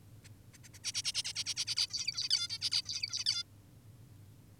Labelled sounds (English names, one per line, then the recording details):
Zebra Finch
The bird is an adult
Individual g19o10U